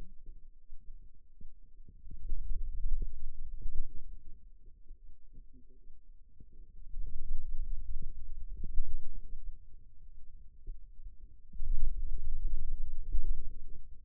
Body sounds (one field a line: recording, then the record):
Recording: forearm muscle sounds (acoustic myography)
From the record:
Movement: pen grasping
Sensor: system 2, bracelet of six BSWA MPA416 microphones around the upper forearm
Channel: 2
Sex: male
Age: 22 years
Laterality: right